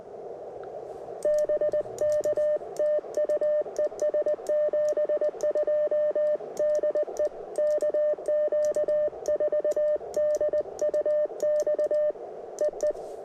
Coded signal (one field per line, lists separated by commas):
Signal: Morse code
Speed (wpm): 20 wpm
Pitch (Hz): 3000 Hz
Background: radio noise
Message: BK TU ES 72 DE KQ4DUX EE